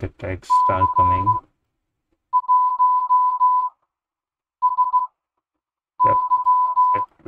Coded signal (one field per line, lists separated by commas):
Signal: Morse code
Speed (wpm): 15 wpm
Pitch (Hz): 1000 Hz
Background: speech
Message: C 1 S Y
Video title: Audio Steganography Challenges #ctf